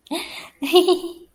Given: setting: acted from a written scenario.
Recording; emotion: vocal sound without words; contentment